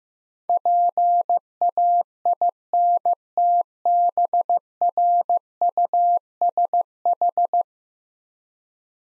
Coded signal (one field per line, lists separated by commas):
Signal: Morse code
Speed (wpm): 15 wpm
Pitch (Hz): 700 Hz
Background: none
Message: PAINTBRUSH